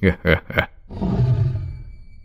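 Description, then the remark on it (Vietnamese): A few spoken syllables give way to a tiger's loud, rumbling roar, a deep sustained growl lasting over a second before slowly tapering off. “Con hổ gầm lên một tiếng thật lớn, nó quay lưng đi vào trong bóng tối.”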